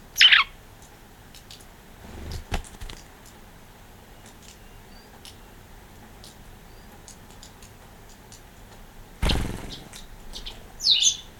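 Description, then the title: White wagtail with two short, high chirps at the start and the end, separated by dull knocks and a loud rushing burst. "Sylvain Jaskowiak - Mes piafs. Bergeronnette grise"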